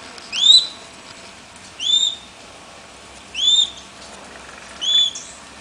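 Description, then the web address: Bird calls: four short, high, down-curving whistled notes, each slightly slurred, repeated about every one and a half seconds over a soft steady background hiss. "BIRD 2015 SABIOD"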